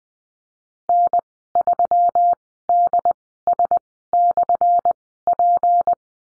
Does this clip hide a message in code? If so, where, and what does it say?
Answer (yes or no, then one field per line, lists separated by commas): yes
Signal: Morse code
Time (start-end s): 0.9-5.9 s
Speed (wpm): 20 wpm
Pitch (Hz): 700 Hz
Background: none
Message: N3DS/P